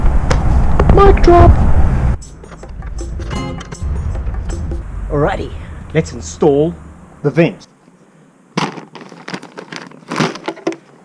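An aftermarket plastic vent insert is handled at the opening of a steel aftermarket 10th Anniversary Jeep Wrangler hood while someone talks over music, with short handling taps and a sharp knock near 8.6 s. Nothing has seated or clicked yet; the vent is not home.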